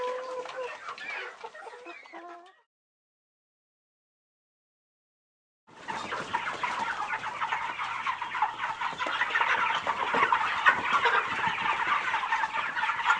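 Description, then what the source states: Chicken calls: a few clucks, then a three-second silence, then a thick continuous chorus of many clucking chickens. Several chickens, farm ambience.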